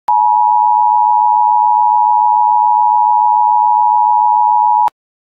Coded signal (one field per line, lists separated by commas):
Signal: Emergency Alert System (SAME) tones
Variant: 853 and 960 Hz attention tone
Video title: EAS Required Weekly Test South-Central Minnesota (Accidental Catch) +WeatherSTAR4000